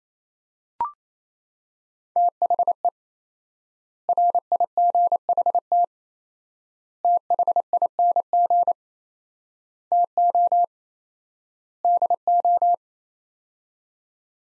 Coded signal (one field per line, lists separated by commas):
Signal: Morse code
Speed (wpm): 28 wpm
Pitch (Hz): 700 Hz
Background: none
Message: THE RIGHT THING TO DO